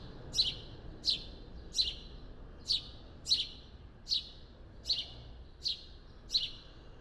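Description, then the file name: House sparrow uttering repeated short chirps, around nine in total, spaced under a second apart, against a quiet low hiss. "Passer domesticus"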